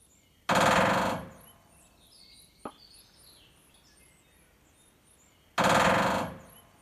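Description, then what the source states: Woodpecker drumming in two fast, hard rolls roughly five seconds apart; a single sharp tap falls in the gap, and thin bird chirps sound in the background. Fast drumming pace; both sexes drum, the male drums and the female may answer.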